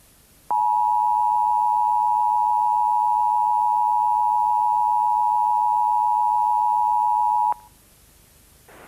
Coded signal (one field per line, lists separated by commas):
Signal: Emergency Alert System (SAME) tones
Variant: 853 and 960 Hz attention tone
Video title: [EAS SCENARIO] AROMA